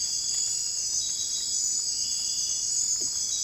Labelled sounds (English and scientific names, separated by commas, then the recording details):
none
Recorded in secondary vegetation near Puerto Asís, Putumayo, Colombia, on 20 December 2024 at 01:30
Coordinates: 0.481, -76.318
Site G042